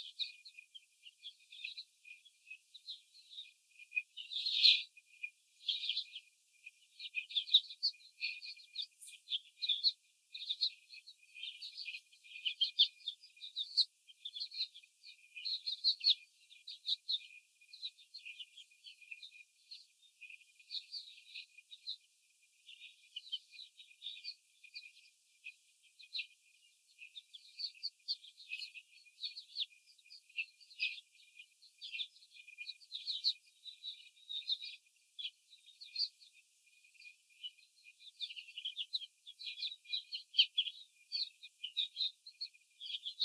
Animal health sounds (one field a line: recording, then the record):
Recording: young laying hens in a cage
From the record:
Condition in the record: before the stressor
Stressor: simulated dog barking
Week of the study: 4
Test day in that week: 3